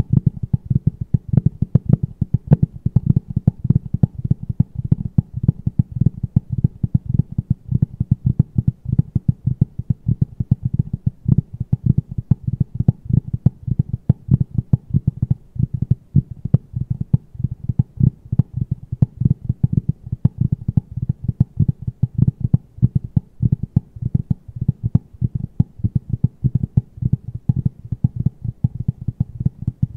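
Fast, aggressive tapping runs without a break for the whole thirty seconds, a dense stream of dull knocks packed closely together. The taps are low and thumping with little brightness, their loudness jumping up and down from hit to hit.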